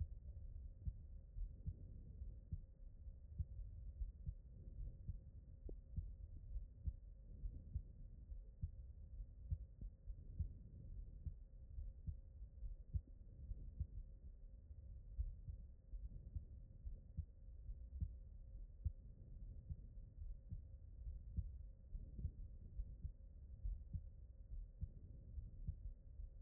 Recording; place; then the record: heart sounds by stethoscope; aortic valve (AV)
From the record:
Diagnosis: non-HFrEF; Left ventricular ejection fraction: 67%